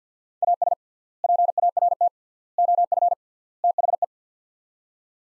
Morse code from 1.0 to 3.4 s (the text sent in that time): PART OF